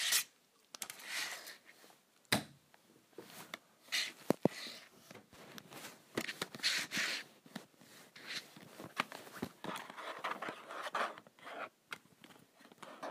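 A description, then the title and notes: Scratching on a calculator, bursts of dry rasping scrapes and clicks coming in irregular clusters, with sharp knocks near two and twelve seconds. ASMR Scratching my Calculator.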